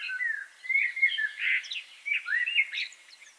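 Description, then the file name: Common blackbird song, a brief continuous stretch of soft whistled warbling that swells and fades in several pulses. "Turdus merula"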